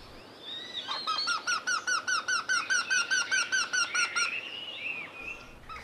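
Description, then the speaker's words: Eurasian wryneck song: a loud series of many evenly repeated nasal 'kee' notes, with other birds singing faintly behind. A pair, both male and female calling, in spring on the banks of the Arrajoki at Nastola, Finland, a few decades ago; the birds were fearless in their spring excitement. "Tämä käänpiikapari on äänitetty Nastolassa Arrajoen rantamaisemissa muutama vuosikymmen sitten."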